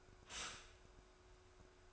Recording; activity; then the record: daily activity, microphone in the room; stop toaster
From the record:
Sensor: 2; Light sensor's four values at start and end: 3/9/3/3 and 3/9/3/3